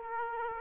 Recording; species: mosquito wingbeat signal from an infrared sensor; Aedes aegypti